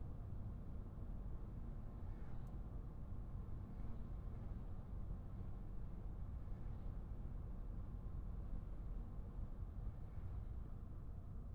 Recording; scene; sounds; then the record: everyday scene through a hearing-aid microphone; in a vehicle; engine, traffic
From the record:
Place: Skoda Fabia, gasoline engine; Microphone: behind the ear, right, rear